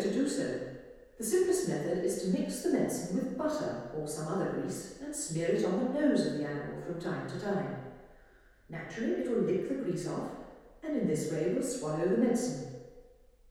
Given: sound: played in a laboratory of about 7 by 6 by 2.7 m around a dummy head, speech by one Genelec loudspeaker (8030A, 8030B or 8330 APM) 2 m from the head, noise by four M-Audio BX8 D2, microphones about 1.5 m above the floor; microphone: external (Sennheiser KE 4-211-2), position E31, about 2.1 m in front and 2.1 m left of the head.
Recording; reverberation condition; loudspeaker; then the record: female speech in English; high; 120 degrees to the right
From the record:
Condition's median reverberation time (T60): about 1300 ms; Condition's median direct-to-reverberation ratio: about -4.0 dB